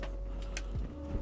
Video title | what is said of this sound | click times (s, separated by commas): HOW TO BUILD YOUR PC: Simple computer build guide! | and you're gonna push it down you're gonna hear a click | 0.6 s